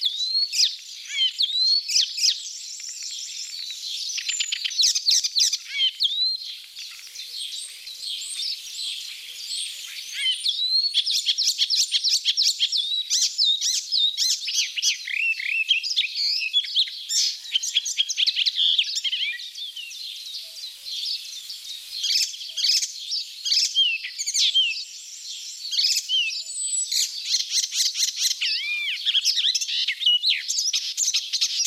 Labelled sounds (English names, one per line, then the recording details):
Icterine Warbler song
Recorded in the wild
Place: Flögelner See, Schleswig-Holstein, DE
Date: 1987-05-24
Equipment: Alparon-Reflektor
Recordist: Schwarz, Dieter
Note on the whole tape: Song